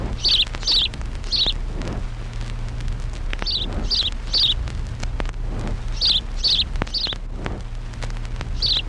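House Sparrow chirping, short bright chips given in loose clusters of two or three, repeated irregularly throughout over a low steady hum.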